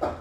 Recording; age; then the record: pig call; growing-finishing pig (85 days or more)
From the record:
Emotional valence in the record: positive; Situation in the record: run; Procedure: transit